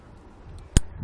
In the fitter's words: Pops right on there. You hear a little click to let you know it's in.